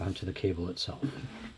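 Someone talks while handling a bicycle cable lock with a combination and a key, bringing the cable end toward the lock body. Nothing has seated or clicked yet; the clip ends just before the end snaps home.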